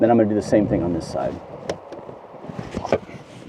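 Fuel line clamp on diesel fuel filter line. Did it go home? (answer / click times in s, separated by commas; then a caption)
released / 2.9 s. Special pliers flip open the spring clamp on the second fuel line at the diesel fuel filter of a 2007–2022 Mercedes Sprinter V6 3.0L diesel, releasing the line. Someone talks at the start, then a sharp click sounds at 2.9 s as the clamp pops open and is released.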